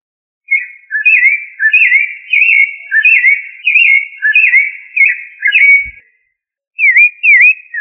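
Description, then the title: Thrush song of fluty, repeated slurred whistles in a steady flowing sequence, pausing briefly before two final falling-rising notes. Sabiá, family Turdidae. "Familia Turdidae - Sabia"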